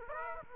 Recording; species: mosquito wingbeat signal from an infrared sensor; Aedes aegypti